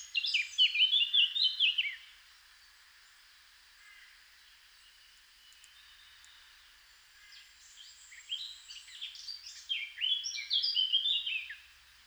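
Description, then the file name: Eurasian blackcap sings two lively warbling phrases, one at the start and one after a quiet pause, each full of rapid slurred notes. "Sylvia atricapilla"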